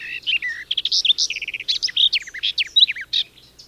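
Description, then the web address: Garden warbler song, a rapid, near-continuous stream of varied warbling notes. "agykontroll Madardalok Cd 2. Kerti poszáta"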